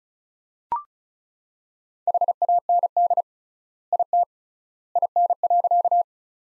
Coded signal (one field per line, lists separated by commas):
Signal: Morse code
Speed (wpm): 36 wpm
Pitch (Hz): 700 Hz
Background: none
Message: HAND IT IN.